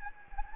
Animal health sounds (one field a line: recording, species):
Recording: mosquito wingbeat signal from an infrared sensor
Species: Anopheles gambiae